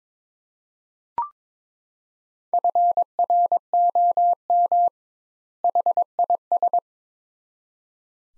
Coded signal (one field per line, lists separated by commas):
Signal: Morse code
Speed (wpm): 22 wpm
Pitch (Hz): 700 Hz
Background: none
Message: FROM HIS